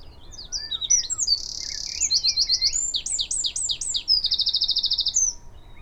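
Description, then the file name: Eurasian wren delivering a vigorous high song: scattered sharp notes, a steady trill, a run of descending chips, then another rapid trill. "Troglodytes troglodytes"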